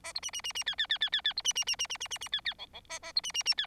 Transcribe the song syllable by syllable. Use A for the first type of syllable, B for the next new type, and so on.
A B C C C C D D D D D D B C C C C C C C C D D E E A A B C C C D